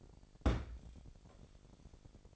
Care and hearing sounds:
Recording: daily activity, microphone in the room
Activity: place on stove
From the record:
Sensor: 5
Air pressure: 1012.2 hPa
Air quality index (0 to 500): 234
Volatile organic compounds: 4 ppm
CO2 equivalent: 1558 ppm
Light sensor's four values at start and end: 44/98/42/45 and 44/99/42/45

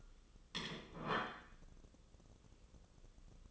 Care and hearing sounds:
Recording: daily activity, microphone in the room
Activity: place plate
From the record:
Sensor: 4

